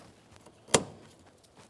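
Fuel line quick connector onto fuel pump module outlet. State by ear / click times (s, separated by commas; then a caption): seated / 0.7 s. A fuel line quick connector is pressed onto the fuel pump module outlet of a 2009-2010 Pontiac Vibe, and its red plastic locking tab is pushed closed. One loud, sharp snap at 0.7 s stands out above faint handling noise, with small taps around it. The lock snaps closed and the line is seated.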